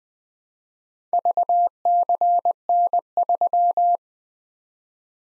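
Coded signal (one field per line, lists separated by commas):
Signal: Morse code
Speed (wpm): 20 wpm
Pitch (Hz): 700 Hz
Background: none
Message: VCN3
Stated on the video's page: Morse practice at 20 wpm: random four-character letter-number groups for head-copy, each sent, spoken, then sent again.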